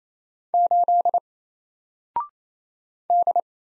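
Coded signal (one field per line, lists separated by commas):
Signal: Morse code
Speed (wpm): 27 wpm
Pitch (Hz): 700 Hz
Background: none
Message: 8 D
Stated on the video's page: Morse practice at 28 wpm: single random letters and numbers, each sent, spoken, then sent again, for head-copy.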